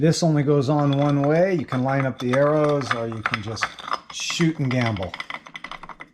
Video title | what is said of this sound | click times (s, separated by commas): Banshee Athena 421 Part 2 | that's not seated so we will turn it | none